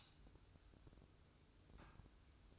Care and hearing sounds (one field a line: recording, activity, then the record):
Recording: daily activity, microphone in the room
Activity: light on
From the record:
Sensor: 2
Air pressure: 1007.7 hPa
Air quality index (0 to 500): 69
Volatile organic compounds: 1 ppm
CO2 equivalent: 618 ppm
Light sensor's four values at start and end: 9/21/9/9 and 13/37/15/15